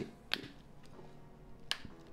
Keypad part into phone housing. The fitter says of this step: and another click that will be in place